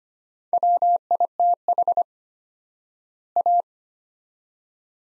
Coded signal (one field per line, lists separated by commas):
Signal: Morse code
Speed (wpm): 25 wpm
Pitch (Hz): 700 Hz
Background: none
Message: WITH A